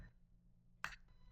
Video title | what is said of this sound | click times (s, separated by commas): Glock Gen6 Extractor & Safety Plunger Removal/Installation | You should hear it click, so let's see if we hear it. Right | 0.8 s